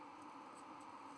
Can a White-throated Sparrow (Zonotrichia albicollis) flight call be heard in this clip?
no